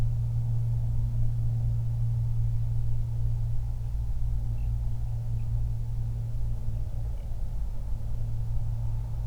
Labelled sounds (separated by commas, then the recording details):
songbird, aircraft
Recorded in the Prudhoe Bay oil fields, Alaska, on 31 July 2019 at 08:42
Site 24